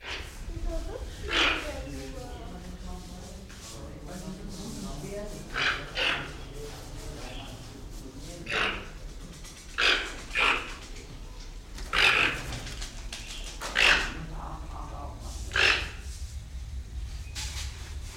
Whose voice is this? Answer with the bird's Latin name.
Ramphastos toco